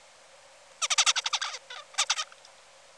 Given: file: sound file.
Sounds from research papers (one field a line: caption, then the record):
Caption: Song of bird #5 (55 days post-hatch).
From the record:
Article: Common Features of Neural Activity during Singing and Sleep Periods in a Basal Ganglia Nucleus Critical for Vocal Learning in a Juvenile Songbird